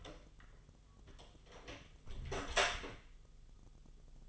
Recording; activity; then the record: daily activity, microphone in the room; close door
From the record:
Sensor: 4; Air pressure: 1005.8 hPa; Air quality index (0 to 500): 76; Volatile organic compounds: 1 ppm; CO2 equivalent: 929 ppm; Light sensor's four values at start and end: 13/29/11/11 and 13/31/12/11